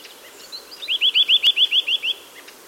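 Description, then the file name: Eurasian nuthatch giving a quick trill of about ten clear, upslurred whistles, evenly spaced and strongest in the middle, with faint softer notes before and after. "Sitta europaea"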